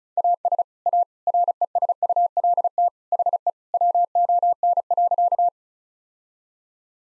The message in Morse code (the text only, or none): AS A RESULT HE WON.